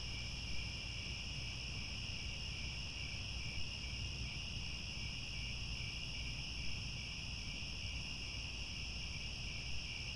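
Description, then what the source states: Crickets chirping in a steady, dense chorus of high trilling bands, continuous throughout with a soft low rumble beneath. Chorus of many crickets chirping at twilight as the sun sets.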